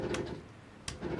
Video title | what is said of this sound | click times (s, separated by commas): Jay Flight - orientation | That clicking noise, you want to hear that. It lets you know it's all the way out or all the way in. | 0.1 s, 0.9 s